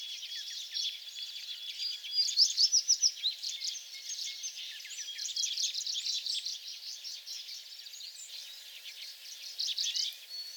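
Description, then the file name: American tree sparrow song: a bright burst of quick, sweet repeated notes around two seconds in, over a busy background of other small birds twittering. Recorded on 28 April 2022; several songs. "2022-04-28 American Tree Sparrow songs"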